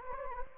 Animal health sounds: mosquito wingbeat signal from an infrared sensor; Anopheles gambiae

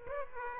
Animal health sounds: mosquito wingbeat signal from an infrared sensor; Aedes aegypti

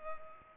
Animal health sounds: mosquito wingbeat signal from an infrared sensor; Culex pipiens

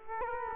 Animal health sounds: mosquito wingbeat signal from an infrared sensor; Culex quinquefasciatus

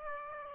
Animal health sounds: mosquito wingbeat signal from an infrared sensor; Aedes aegypti

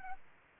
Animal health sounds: mosquito wingbeat signal from an infrared sensor; Anopheles arabiensis

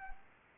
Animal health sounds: mosquito wingbeat signal from an infrared sensor; Anopheles arabiensis

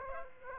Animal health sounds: mosquito wingbeat signal from an infrared sensor; Aedes aegypti

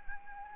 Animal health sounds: mosquito wingbeat signal from an infrared sensor; Anopheles arabiensis

